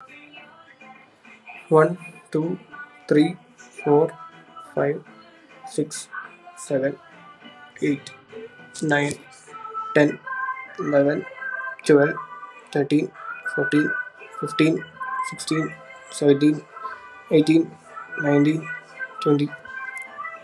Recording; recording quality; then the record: counting at a normal pace; excellent, no background noise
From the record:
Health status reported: exposed to COVID-19, no respiratory illness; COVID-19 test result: not tested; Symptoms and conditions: cough, sore throat, muscle pain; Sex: male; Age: 24 years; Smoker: not ticked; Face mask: not worn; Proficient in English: yes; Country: India